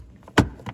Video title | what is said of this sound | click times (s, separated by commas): How to Replace a Frigidaire Water Filter | And then there's a little click there. | 0.4 s